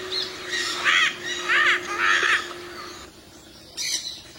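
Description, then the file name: Yellow-collared macaw uttering three harsh, grating screeches in quick succession, then a pause and one fainter squawk. "canto da maracana de colar"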